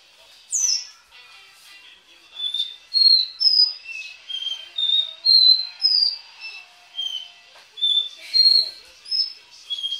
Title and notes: Canario Belga, nyonyastudio